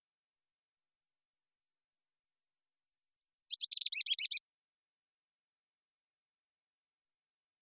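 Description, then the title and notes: Golden-crowned kinglet singing a level run of thin, very high notes that quickens, then ends in a jumbled, lower chattering flourish, with one last faint high note after silence. Recorded on Olympic Peninsula, North America, where resident, in June 2021; boreal forest species; sounds like a tiny creature maniacally laughing; clean-processed with all background sound and noise removed. "I happened to record this little fellow on the Olympic Peninsula"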